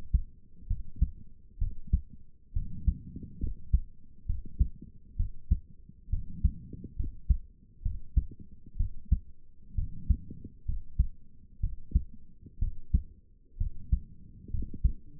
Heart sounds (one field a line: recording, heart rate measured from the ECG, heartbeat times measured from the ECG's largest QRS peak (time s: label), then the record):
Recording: heart sounds by stethoscope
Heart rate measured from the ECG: 65 bpm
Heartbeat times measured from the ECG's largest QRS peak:
0.67 s: heartbeat
1.58 s: heartbeat
2.53 s: heartbeat
3.40 s: heartbeat
4.26 s: heartbeat
5.16 s: heartbeat
6.09 s: heartbeat
6.96 s: heartbeat
7.82 s: heartbeat
8.76 s: heartbeat
9.75 s: heartbeat
10.65 s: heartbeat
11.60 s: heartbeat
12.58 s: heartbeat
13.57 s: heartbeat
14.50 s: heartbeat
From the record:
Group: healthy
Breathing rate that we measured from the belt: 17 breaths a minute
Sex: female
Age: 22 years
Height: 154 cm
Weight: 58.7 kg